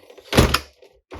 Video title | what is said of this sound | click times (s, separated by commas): Delta Command Megazord Review - Power Rangers SPD | let it down and it'll lock into place. | 0.6 s